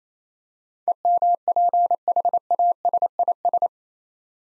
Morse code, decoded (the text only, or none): EMPHASIS